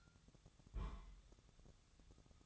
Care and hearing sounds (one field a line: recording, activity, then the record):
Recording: daily activity, microphone in the room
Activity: place on stove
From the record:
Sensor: 3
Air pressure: 999.3 hPa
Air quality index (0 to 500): 198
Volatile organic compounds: 45 ppm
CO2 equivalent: 3224 ppm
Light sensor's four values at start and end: 7/17/7/6 and 7/17/7/6